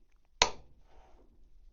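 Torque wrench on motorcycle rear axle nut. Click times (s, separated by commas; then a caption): 0.4 s. A click-type torque wrench set to 146 Nm tightens the rear axle nut on a Triumph motorcycle and gives one sharp, bright click at 0.4 s, showing it has reached the set torque. Faint low background sound follows for the rest of the clip.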